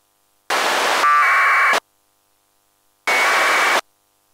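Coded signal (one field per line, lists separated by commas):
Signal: packet radio (AX.25, as in APRS)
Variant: AFSK 1200 baud APRS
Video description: This video shows the Qtmm soundcard modem receiving local APRS traffic on 144.800 MHz.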